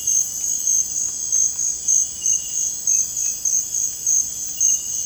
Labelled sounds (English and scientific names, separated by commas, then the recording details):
none
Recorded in dense forest near Puerto Asís, Putumayo, Colombia, on 26 December 2024 at 04:00
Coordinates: 0.481, -76.323
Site G100